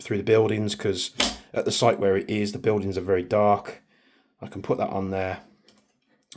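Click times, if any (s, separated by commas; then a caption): 6.3 s. Someone talks while a weapon light on a quick-release mount is placed onto the rail of a Tokyo Marui AKX gas airsoft rifle. After the talking stops, faint handling clicks follow at about 5.7 and 5.8 seconds. The locking lever then snaps shut with a sharp click at 6.3 seconds, locking the light onto the rail.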